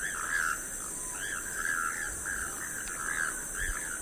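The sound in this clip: Choco toucan giving hoarse, croaking calls in a loose series of short notes, over a constant high-pitched insect drone.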